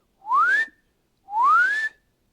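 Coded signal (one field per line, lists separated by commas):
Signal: whistle signal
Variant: Australian dogman crane code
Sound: two upward-gliding human whistles, each about half a second, separated by a short pause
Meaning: Raise the hoist rope slowly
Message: 2 rising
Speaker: So if I want to rope up slowly, I will go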